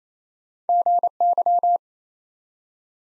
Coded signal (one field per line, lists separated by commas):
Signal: Morse code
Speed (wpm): 28 wpm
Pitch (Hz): 700 Hz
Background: none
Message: GY